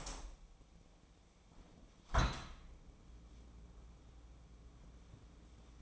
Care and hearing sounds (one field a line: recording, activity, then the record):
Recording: daily activity, microphone in the room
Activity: open window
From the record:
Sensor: 1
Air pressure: 1012.4 hPa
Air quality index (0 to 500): 167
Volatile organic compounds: 3 ppm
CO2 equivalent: 1366 ppm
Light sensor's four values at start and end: 247/568/251/277 and 240/550/244/270